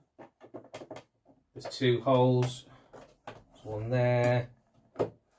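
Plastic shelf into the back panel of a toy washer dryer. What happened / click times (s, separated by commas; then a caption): A plastic part is handled and lined up but has not clicked into place yet / none. A plastic shelf is handled against the two holes and pegs on the back panel of a Little Tikes First Washer Dryer toy while someone talks. Light taps sound around 0.8–0.9 s and a sharper knock at 3.3 s. Nothing has seated or clicked into place yet.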